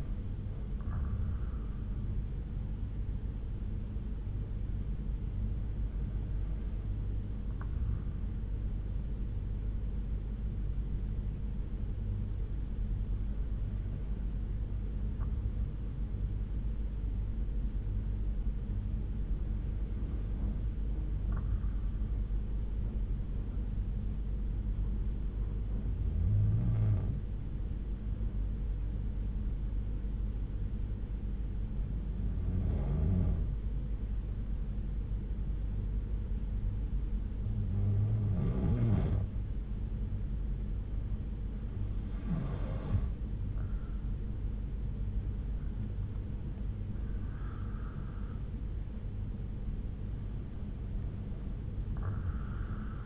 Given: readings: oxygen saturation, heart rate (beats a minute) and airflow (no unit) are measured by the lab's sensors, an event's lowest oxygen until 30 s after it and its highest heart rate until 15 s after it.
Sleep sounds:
breathing in sleep by a smartphone at the bedside; 1
5.00-41.30 s: hypopnea (N1, oxygen 95% highest, then 89% lowest)
16.00-46.00 s: new sleep stage, N2 (light sleep)
46.00-53.06 s: new sleep stage, N1 (lightest sleep)
From the record:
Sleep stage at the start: N1 (lightest sleep); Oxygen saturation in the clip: 90 to 95%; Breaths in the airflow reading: 9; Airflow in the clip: -6.2 to 5.8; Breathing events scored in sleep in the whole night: 368 in 8.0 hours asleep

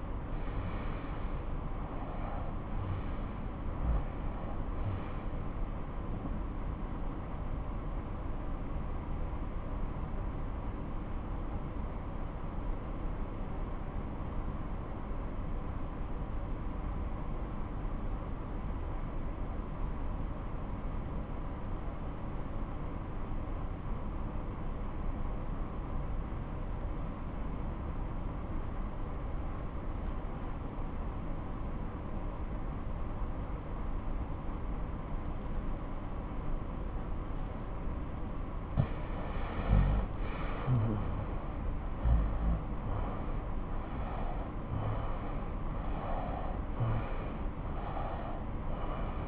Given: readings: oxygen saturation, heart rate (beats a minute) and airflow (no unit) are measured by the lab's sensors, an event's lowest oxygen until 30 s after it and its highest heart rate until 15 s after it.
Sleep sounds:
breathing in sleep by a smartphone at the bedside; 1
5.00-37.20 s: obstructive apnea (REM, oxygen 94% highest, then 90% lowest)
From the record:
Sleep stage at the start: REM sleep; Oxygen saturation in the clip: 89 to 94%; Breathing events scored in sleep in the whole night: 217 in 6.3 hours asleep

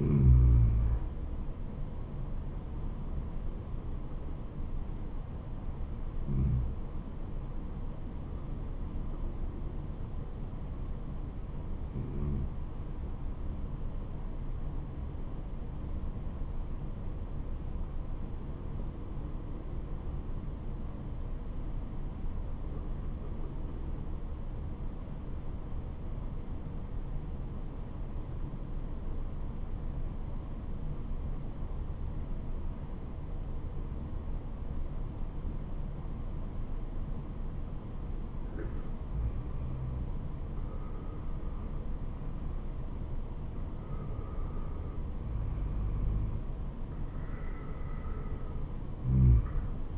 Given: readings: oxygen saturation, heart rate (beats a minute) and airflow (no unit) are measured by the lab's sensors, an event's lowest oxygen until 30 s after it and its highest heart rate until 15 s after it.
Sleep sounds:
breathing in sleep by a smartphone at the bedside; 1
1.00-31.00 s: new sleep stage, N1 (lightest sleep)
6.00-40.30 s: hypopnea (N1, oxygen 96% highest, then 91% lowest, heart rate 72 at the start, 75 highest)
31.00-49.98 s: new sleep stage, N2 (light sleep)
From the record:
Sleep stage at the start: N2 (light sleep); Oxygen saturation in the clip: 92 to 96%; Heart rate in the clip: 66 to 75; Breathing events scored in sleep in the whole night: 426 in 7.4 hours asleep

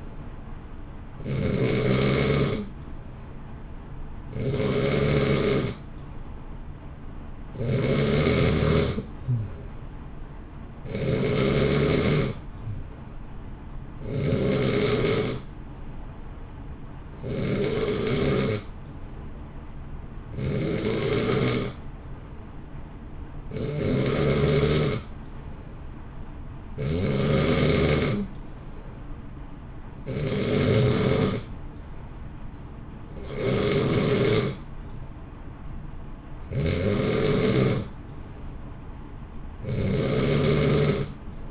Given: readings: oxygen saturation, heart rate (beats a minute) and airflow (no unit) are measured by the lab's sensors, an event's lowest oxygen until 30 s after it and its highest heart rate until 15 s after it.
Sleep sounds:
breathing in sleep by a smartphone at the bedside; none
none scored
From the record:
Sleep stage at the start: N2 (light sleep); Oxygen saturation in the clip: 90 to 91%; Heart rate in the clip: 59 to 65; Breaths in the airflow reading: 15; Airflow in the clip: -0.8 to 0.8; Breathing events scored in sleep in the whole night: 328 in 6.3 hours asleep

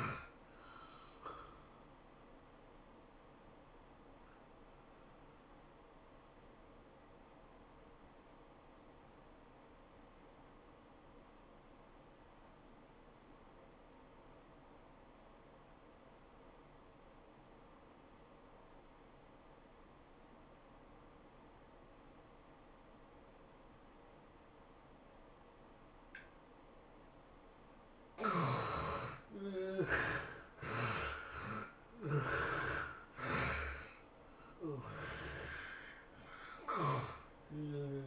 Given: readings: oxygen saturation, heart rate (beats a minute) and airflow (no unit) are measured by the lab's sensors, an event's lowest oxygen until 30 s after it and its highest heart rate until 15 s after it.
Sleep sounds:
breathing in sleep by a voice recorder at the bedside; 1
12.00-29.20 s: obstructive apnea (N1, oxygen 95% highest, then 70% lowest, heart rate 98 at the start, 108 highest)
From the record:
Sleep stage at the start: N1 (lightest sleep); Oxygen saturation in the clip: 69 to 95%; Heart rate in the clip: 78 to 109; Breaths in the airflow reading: 6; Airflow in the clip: -13.1 to 16.9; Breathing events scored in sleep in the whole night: 403 in 5.5 hours asleep

